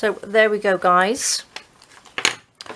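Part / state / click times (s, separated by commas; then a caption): magnet in a folio flap meeting the magnet in the cover / seated / 2.2 s. Someone talks, and then the flap of a handmade paper folio is closed so the hidden magnets in the flap and the cover pull together. The magnetic closure snaps shut with a sharp click at about 2.2 and 2.3 seconds. The closure is seated.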